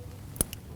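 A wiring harness connector is lined up and pushed down onto a new ignition coil on a 2016-2025 Chevrolet Malibu 1.5L L4. Over low background noise, a faint tick at 0.4 s is followed by a slight but clear click as the connector seats, with a weaker tick at 0.5 s.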